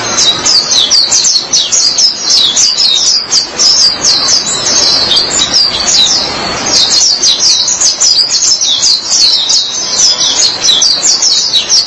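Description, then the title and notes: White-eye song, a dense continuous high twitter of quick chirps, with a soft background hiss underneath. "Suara kicauan burung pleci"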